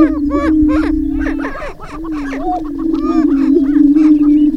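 Prairie-chicken chorus: a steady low hooting drone runs throughout, overlaid by many quick cackling, whooping and squealing notes from several birds.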